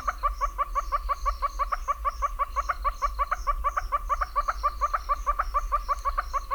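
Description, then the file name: Northern red-billed hornbill giving a long series of rapid clucking notes over a low constant rumble. "Northern Red-billed Hornbill (Tockus erythrorhynchus)"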